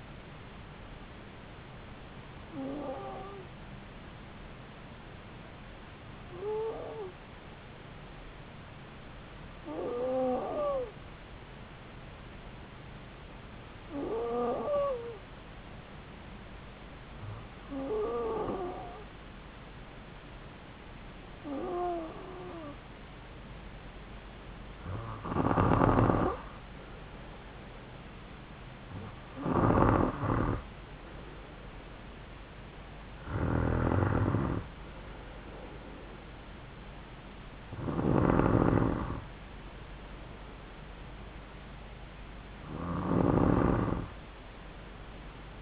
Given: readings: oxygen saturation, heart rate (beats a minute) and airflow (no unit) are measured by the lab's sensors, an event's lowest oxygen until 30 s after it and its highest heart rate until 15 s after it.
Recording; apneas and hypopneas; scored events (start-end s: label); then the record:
breathing in sleep by a voice recorder at the bedside; 1
9.00-27.40 s: hypopnea (N2, oxygen 95% highest, then 92% lowest)
From the record:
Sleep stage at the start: N2 (light sleep); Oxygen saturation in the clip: 92 to 95%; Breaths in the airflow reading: 11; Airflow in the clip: -4.4 to 3.7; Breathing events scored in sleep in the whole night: 270 in 6.1 hours asleep